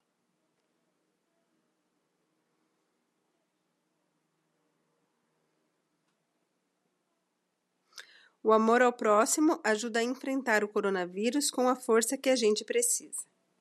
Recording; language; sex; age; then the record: spoken sentence; Brazilian Portuguese; female; 40 to 49 years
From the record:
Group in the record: control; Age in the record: 42 years